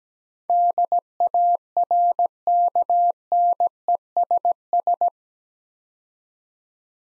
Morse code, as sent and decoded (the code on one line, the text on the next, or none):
-.. .- .-. -.- -. . ... ...
DARKNESS